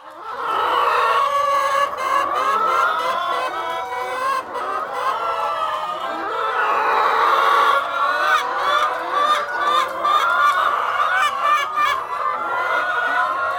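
Chicken: clucking in a dense chorus, many overlapping calls and short clucks from several birds.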